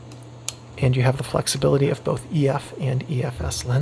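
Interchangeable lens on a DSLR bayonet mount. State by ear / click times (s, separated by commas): seated / 0.5 s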